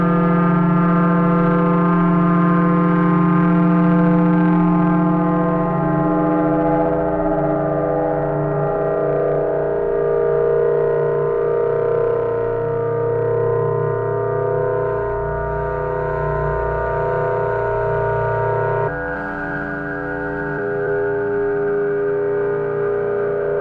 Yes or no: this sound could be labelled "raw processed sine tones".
yes